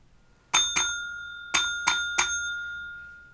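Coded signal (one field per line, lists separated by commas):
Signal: bell signal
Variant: UK railway block bell code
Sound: two quick bell dings, a pause, then three dings ringing on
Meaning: Is line clear for a class 0 train (locomotives running light)?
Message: 2-3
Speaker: a class zero which is loc motive or locom motivs that running light is a two parts 3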